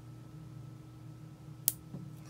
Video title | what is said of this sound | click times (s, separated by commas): $3 Aliexpress watch strap review | there it a goes little satisfying snap okay | 1.7 s